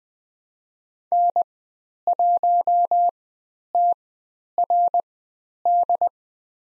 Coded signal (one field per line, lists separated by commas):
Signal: Morse code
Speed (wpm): 20 wpm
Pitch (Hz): 700 Hz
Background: none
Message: N1TRD